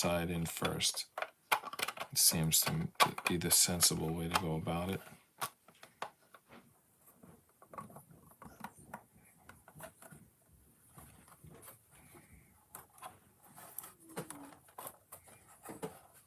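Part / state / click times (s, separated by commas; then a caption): plastic screen piece into micro block model / not seated / none. Someone talks while handling a small plastic screen piece, pressing it toward a micro block model, with light plastic taps and handling noises throughout. Nothing has seated or clicked yet; the screen piece is not yet home when the clip ends.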